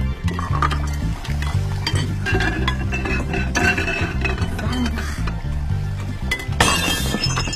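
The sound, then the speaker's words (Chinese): Dishes clink and scrape against each other over steady background music as they are being washed, then a sharp, bright crash rings out near the end as a bowl breaks and shatters. “哎呦，真倒霉！算了，不洗碗了”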